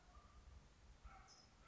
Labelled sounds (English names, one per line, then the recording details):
California Towhee
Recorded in Sonoma County, California